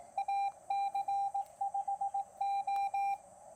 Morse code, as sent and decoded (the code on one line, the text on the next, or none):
.- -.-. ..... ---
AC5O